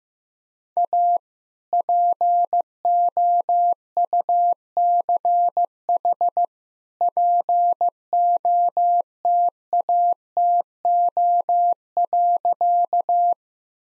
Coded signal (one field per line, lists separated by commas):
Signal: Morse code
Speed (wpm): 16 wpm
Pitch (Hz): 700 Hz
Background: none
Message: A POUCH POTATO.